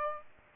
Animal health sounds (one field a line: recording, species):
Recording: mosquito wingbeat signal from an infrared sensor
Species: Aedes aegypti